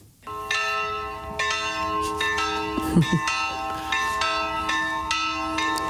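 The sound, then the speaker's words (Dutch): The church bells of a monastery at the end of a street ring in a steady peal, each strike landing about every half second and blending into a loud, shimmering wash of overlapping metallic tones that never fully fades. “En deze klokken waren van het klooster.”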